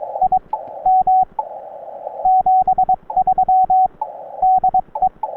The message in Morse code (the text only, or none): IM 73 DE